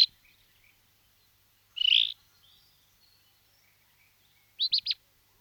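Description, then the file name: Rufous-tailed scrub robin song: a slurred whistled note near two seconds, then a quick clipped triple phrase near five seconds, with silence between. "Alzacola"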